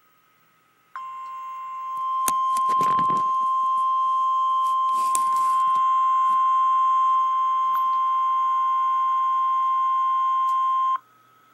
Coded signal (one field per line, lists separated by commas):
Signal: Emergency Alert System (SAME) tones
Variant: 1050 Hz attention tone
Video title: Real EAS 308-Severe thunderstorm watch